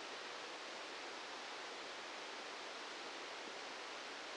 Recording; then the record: brain microelectrode recording played as sound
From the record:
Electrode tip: outside the subthalamic nucleus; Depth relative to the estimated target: -4 mm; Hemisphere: right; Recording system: NeuroSet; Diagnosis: Parkinson's disease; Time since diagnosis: 10 years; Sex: male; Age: 56 years